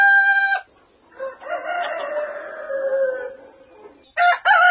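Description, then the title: Rooster crowing: a loud crow breaks off, a softer drawn-out crow follows, then another loud crow begins. "Doa dan Dzikir Anak Muslim. Ketika Mendengar Ayam Berkokok"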